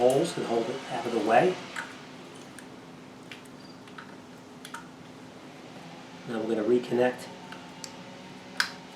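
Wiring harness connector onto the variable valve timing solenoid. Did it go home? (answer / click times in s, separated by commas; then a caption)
yes / 8.6 s. During a VTEC repair for a P2646/P2647 pressure circuit voltage fault, a wiring harness connector is pushed back onto the VTEC/VVT (variable valve timing) solenoid pressure switch while someone talks, with a few faint ticks and handling sounds in between. At 8.6 s a sharp click is heard as the lock tab pops back down and the connector seats on the solenoid.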